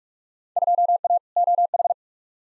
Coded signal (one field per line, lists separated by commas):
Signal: Morse code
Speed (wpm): 47 wpm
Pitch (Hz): 700 Hz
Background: none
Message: 2A OH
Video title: Field Day Exchange v2 - 45wpm